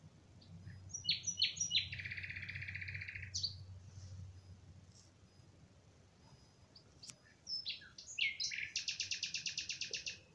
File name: Nachtigall Nightingale